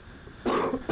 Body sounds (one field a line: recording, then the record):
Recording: coughing mixed with background sound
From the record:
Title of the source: Coughing 77